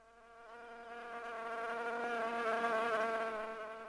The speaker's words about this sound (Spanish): Oh, no. Una mosca. La puta madre. ¿Dónde está el raid? ¿Dónde está el raid? Ah, aléjate de la sopa, mosca. Vete. Aléjate de la sopa, mosca. Vete.